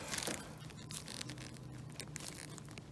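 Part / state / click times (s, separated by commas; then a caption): combination switch into steering column housing / not seated / none. Handling of a combination switch on a Mercedes-Benz W124 (URO part 000 545 6204, 124 540 1045) as it is worked into the steering column housing, with rustling, crinkling plastic and scraping sounds and no sharp transients. The switch has not seated or clicked into place yet.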